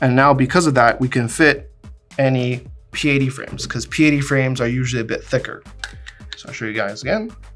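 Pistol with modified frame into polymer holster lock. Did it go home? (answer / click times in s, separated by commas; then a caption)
no / none. A pistol with a filed-down P80-style polymer frame is handled for holstering again in a polymer holster with a locking mechanism, while someone talks over faint background music. Nothing has seated or clicked into the holster lock yet by the end of the clip.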